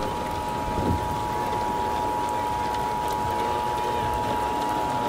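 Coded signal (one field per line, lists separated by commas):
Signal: Emergency Alert System (SAME) tones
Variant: 853 and 960 Hz attention tone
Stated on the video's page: EAS tones created with EAS simulation software for a fictional zombie apocalypse scenario.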